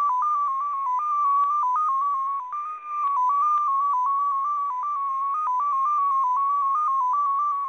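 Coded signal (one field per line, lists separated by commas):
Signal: multi-tone FSK (Olivia or MFSK type)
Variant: XPA2, 14-tone MFSK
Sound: rapid sequence of steady tones hopping between nearby pitches, like a fast melody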